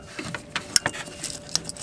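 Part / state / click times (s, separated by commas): wiring harness connector onto a headlight bulb socket / seated / 0.8 s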